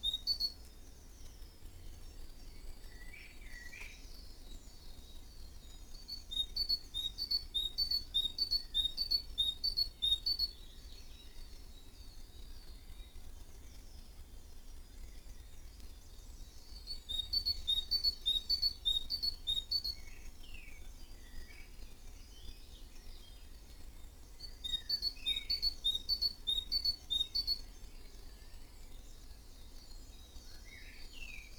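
Various birds call in a garden in early morning, with three bursts of rapid high chirping around 6, 17 and 25 seconds over a low rumble.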